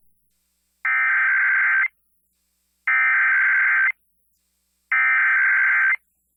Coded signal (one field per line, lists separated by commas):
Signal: Emergency Alert System (SAME) tones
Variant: header bursts